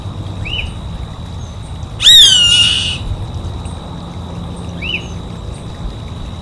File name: Canto do gaviao vaqueiro